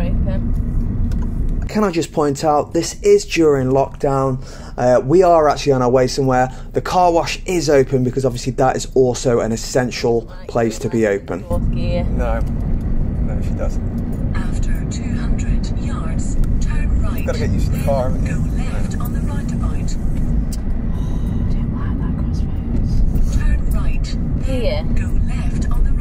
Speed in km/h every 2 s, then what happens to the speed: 34, 34, 37, 40, 40, 42, 44, 45, 44, 45, 44, 40, 32.
0-14 speeds up to 45. 14-20 steady at about 44. 20-26 slows to 32.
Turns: none.